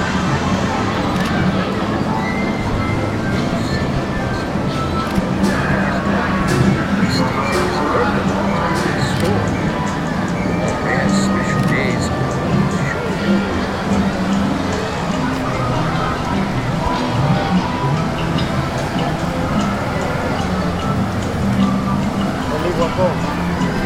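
Crowd sounds at a theme park: many voices overlap in a constant chatter that stays even in level throughout. Brief sharp clicks and knocks dot the mix every few seconds, with a faint steady hum and occasional vehicle rumble underneath.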